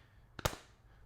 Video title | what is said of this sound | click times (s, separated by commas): ThinBorne for iPhone 15 Pro Max - MINIMAL EXCELLENCE! | Now, this does give you a very nice click. | 0.4 s, 0.5 s